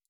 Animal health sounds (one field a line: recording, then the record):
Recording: hydrophone in a shrimp aquaculture tank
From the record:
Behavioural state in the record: stressed